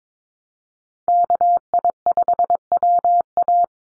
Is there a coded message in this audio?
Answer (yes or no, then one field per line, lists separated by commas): yes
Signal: Morse code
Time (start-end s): 1.1-3.6 s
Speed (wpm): 22 wpm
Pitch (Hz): 700 Hz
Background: none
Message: KI5WA